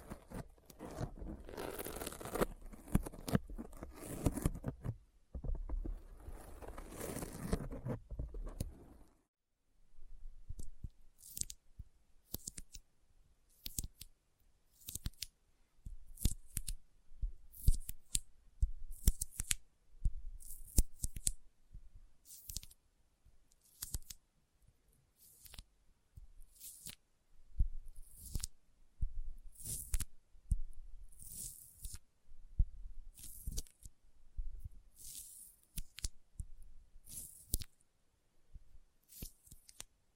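Sticky finger sounds: for the first nine seconds a dense, smeared rustling and smacking fills the range, broken by a brief pause near five seconds. After that come separate sharp, bright peeling snaps, irregular but frequent, several every few seconds, with quiet gaps between.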